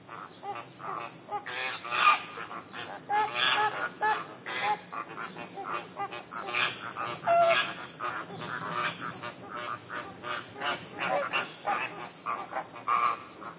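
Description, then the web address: Flamingos in a flock making scattered honking squawks, some louder calls standing out, with a continuous shrill buzz in the background. Wetland ambience of a flamingo flock squawking. "SFXBible ambience-wetlands-flamingoes-squawk"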